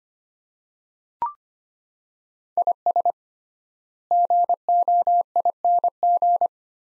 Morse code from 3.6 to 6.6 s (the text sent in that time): GOING